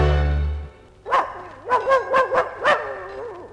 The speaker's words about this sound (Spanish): Uy, ¿cómo no? Pero si se calla ese perro, así yo puedo hablar. Fuera, perro, hombre. Tírenle un hueso a ese perro.